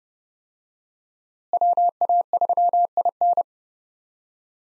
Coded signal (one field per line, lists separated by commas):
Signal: Morse code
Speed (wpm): 30 wpm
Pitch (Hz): 700 Hz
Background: none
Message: WA3IN